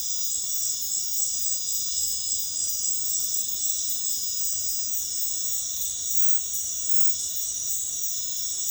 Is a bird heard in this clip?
no